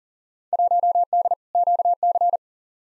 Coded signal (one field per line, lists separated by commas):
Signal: Morse code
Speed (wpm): 39 wpm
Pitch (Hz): 700 Hz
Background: none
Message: 1D QC